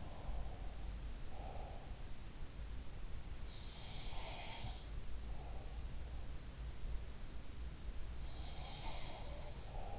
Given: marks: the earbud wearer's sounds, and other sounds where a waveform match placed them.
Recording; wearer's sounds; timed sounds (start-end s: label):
sounds in sleep by an in-ear microphone; breath
0.00-1.98 s: breath
3.80-5.83 s: sound from someone else or the room
8.65-9.99 s: sound from someone else or the room